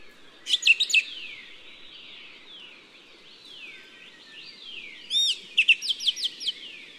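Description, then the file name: Island thrush calls: a brief burst of sharp, high chirps early on, then a quicker series of thin, repeated notes near the end over faint sweeping background sounds. "白頭鶇"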